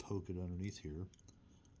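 Someone talks while poking a small magnetized plastic replacement weapon underneath the sponson of an epic-scale Legion Imperialis Kratos miniature tank, with faint handling ticks after the speech. The part is still being handled, and nothing has seated or clicked yet.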